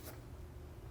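The plastic connector box of a rear brake pad wear sensor on a 2018–2024 BMW X3 is handled as it is pushed toward its mount on the rear suspension. Only a low, steady rumble and faint rustling are heard, with a brief soft hiss near the start. Nothing has seated or clicked yet.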